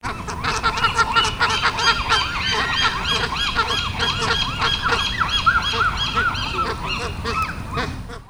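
Birds calling in a dense, noisy chorus of overlapping nasal honks, repeated several times a second without pause.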